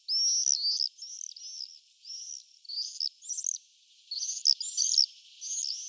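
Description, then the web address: Common swifts giving harsh, piercing trilled screams, a rapid series of shrill bursts with short gaps between them. "birdify Apus apus"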